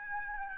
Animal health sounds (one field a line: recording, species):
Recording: mosquito wingbeat signal from an infrared sensor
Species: Aedes albopictus